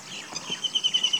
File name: White-throated kingfisher call alok